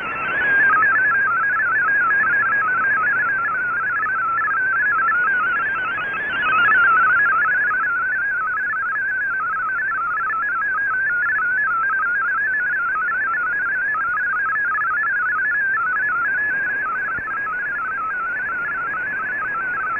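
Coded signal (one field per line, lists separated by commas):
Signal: multi-tone FSK (Olivia or MFSK type)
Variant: MFSK32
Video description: Here is my decode of the Shortwave Radiogram broadcast today on 15770Khz shortwave radio at 1300UTC in MFSK32 and 64 and with 10 SSTV images.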